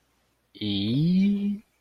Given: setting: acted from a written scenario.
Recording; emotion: vocal sound without words; embarrassment